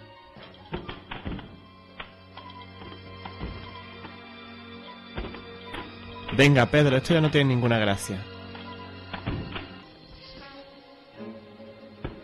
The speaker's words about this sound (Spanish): La puerta no dejaba de hacer ruido, y de repente comenzó a abrirse lentamente.